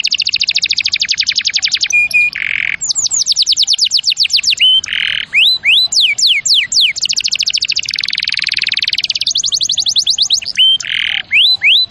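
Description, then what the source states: Canary singing long rapid trills of repeated notes, broken by short buzzy churrs and sweeping whistles, all high-pitched. Champion canary song used as a master recording for training other birds.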